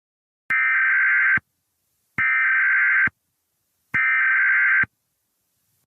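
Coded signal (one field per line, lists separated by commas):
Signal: Emergency Alert System (SAME) tones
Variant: header bursts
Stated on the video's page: Fictional EAS scenario, a remake of an earlier simulated alert.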